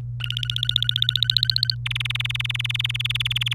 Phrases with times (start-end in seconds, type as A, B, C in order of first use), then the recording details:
0.20-1.75 A, 1.86-3.53 B. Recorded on 27 April 2018 at 10:05. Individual llb3